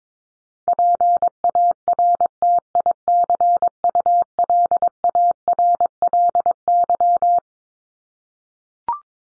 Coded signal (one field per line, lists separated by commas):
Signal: Morse code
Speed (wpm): 22 wpm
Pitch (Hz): 700 Hz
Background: none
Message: PARTICULARLY